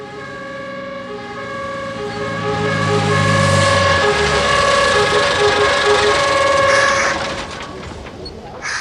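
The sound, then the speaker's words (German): A fire engine with a fire ladder wails its siren in steady, harmonic tones, swelling louder over a rumbling engine, holding for several seconds, then dropping away abruptly near the end. “Es genügt ein Wagen mit einer Feuerwehrleiter, 2-Mann-Bedienung und ein Sprengstofffachmann.”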